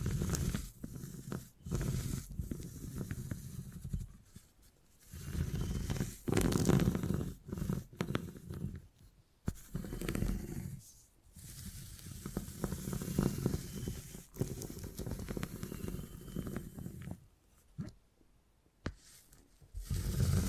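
Beeswax is handled and worked in slow, uneven passes, giving soft low rubbing and squishing sounds with a faint crackly hiss on top. Sharp clicks and taps break in every second or two, and brief near-silent gaps fall around 5, 9, 11 and 18 seconds.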